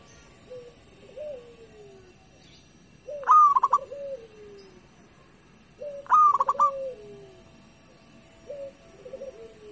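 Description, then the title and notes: Zebra dove cooing in two rapid pulsed phrases about three seconds apart, with faint lower sliding notes in the gaps. Local (lokal) zebra dove singing. "Kicau Perkutut Lokal 1. Kicau Burung Perkutut"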